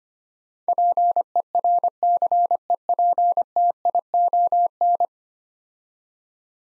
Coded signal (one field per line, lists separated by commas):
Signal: Morse code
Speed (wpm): 25 wpm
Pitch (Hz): 700 Hz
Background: none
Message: PERCEPTION